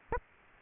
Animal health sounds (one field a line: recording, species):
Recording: mosquito wingbeat signal from an infrared sensor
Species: Aedes albopictus